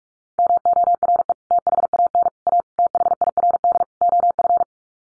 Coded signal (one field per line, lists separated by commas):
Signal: Morse code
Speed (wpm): 44 wpm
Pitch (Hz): 700 Hz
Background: none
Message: MORE THAN A THIRD OF